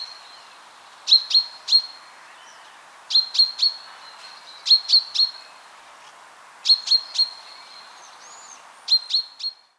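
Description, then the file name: Common chaffinch calls: short sharp high chinks in groups of three, each group about two seconds apart, over quiet background hiss. "Fringilla coelebs"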